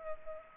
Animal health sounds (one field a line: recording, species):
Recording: mosquito wingbeat signal from an infrared sensor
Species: Culex pipiens